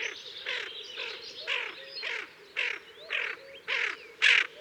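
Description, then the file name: Tufted duck grating calls, a run of coarse rasping notes at an uneven pace, soft whistling from other birds underneath. "Kuifeend Aythya fuligula"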